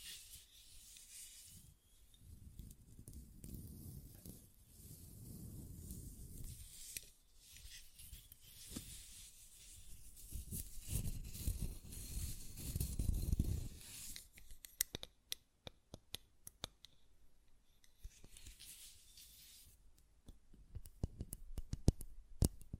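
A glass perfume bottle is handled, with low rubbing and scraping sounds through the first fourteen seconds. After that come sharp, bright taps and clicks, scattered irregularly and clustered near the end, with short quiet gaps between them.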